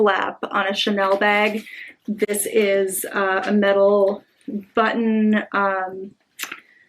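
Someone talks while handling the flap of a Chanel 25 leather handbag, bringing it toward its metal magnetic snap button closure, whose magnetism helps it click into place and stay shut. Two brief, faint handling sounds come near 6.4 s and 6.5 s. The clip ends with nothing seated or clicked yet.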